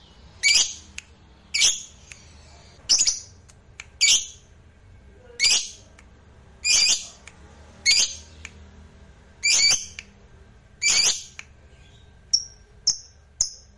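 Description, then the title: Lovebird calling with harsh, high shrieks repeated roughly every second, ending in a few thinner, shorter squeaks. Fighter-type lovebird singing energetically, described as gacor. "SUARA Lovebird FIGHTER GACOR"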